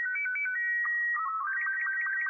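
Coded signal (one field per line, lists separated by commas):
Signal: SSTV (slow-scan television)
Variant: Robot 24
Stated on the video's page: SSTV signal played within the game Kerbal Space Program 1.2.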